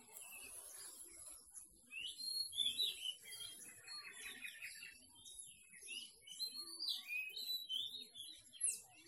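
Scattered bird chirps and short whistled notes come and go against a faint, steady background hiss.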